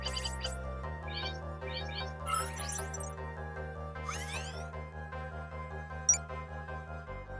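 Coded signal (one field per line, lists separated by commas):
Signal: none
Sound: game sound beeps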